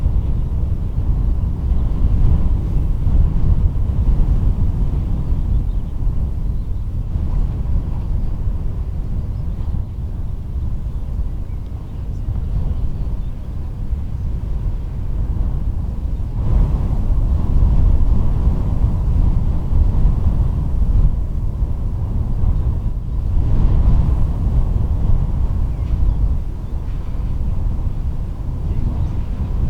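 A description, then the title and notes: Strong wind roars steadily around a lighthouse, a dense low rumble with a hissing layer of blown sand, swelling slightly in gusts. Wind noise around Danish lighthouse. You can hear the noise of wind and flying sand around the lighthouse at Rubjerg Knude, in Lønstrup, North Jutland, Denmark.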